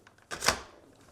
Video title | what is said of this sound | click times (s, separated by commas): Review: Hoover PowerScrub XL Pet Plus Carpet & Upholstery Cleaner | just clicks into place very simple to assemble | 0.5 s